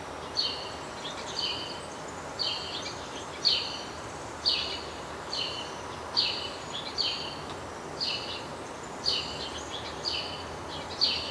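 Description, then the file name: House sparrow chirping, a short double-toned chirp repeated steadily about once a second, over a soft background hiss. "Passer domesticus"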